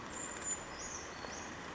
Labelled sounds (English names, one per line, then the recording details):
Brown Creeper
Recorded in Sonoma County, California